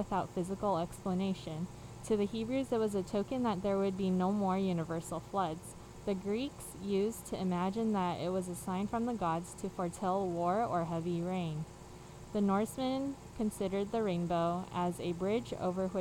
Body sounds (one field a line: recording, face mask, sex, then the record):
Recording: reading aloud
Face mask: surgical mask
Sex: female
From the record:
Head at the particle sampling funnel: facing it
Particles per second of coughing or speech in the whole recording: 0.0203